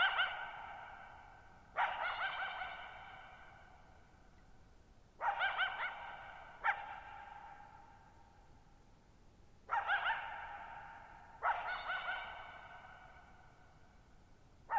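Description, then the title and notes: Coyote giving repeated pairs of barks and wavering yips, pausing a few seconds between pairs, every call ringing out with a long echo. Lone coyote calling at night, July 14, 2019, Thirtymile Meadows, Okanogan National Forest, 6400 ft (1950 m); shallow bowl-shaped mountain meadow on a high, dry plateau. "Lone Coyote at Thirtymile Meadows. night of July 14, 2019, camped near Thirtymile Meadows in the Okanogan National Forest at 6400 ft (1950 m)"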